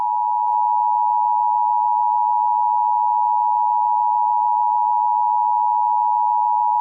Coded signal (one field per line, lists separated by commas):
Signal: Emergency Alert System (SAME) tones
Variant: 853 and 960 Hz attention tone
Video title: EAS SCENARIO WYOMING'S CATASTROPHE